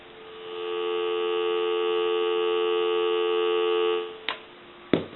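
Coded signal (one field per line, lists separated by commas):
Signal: telephone call progress tone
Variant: North America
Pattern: dial tone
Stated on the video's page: Tone from a Swedish American wooden wall telephone during checkout and repair.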